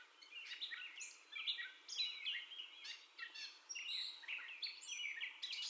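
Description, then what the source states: Gray catbird singing a rapid, unbroken stream of mixed whistles, squeaks and harsh notes, each phrase different from the last. Described as the catbird's first song, recorded on 30 May 2021.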